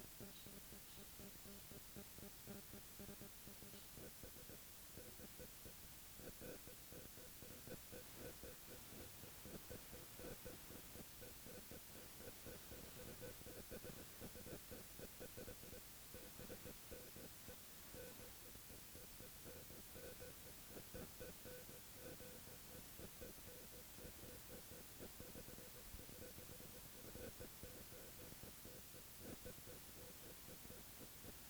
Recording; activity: daily activity, guitar pickup as the sensor; stand